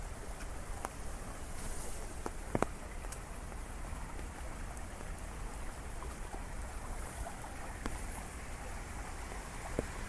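Rain patters steadily on an umbrella during a walk through a city, a dense, even hiss with a low rumble of traffic underneath. Sharper drips and taps land on the canopy every second or so, most distinctly near 2.5 seconds.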